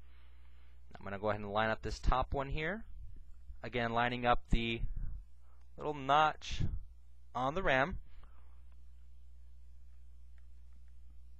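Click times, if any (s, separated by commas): none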